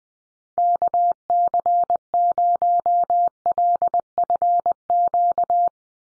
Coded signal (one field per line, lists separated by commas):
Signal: Morse code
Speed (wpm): 20 wpm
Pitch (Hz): 700 Hz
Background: none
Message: KC0LFQ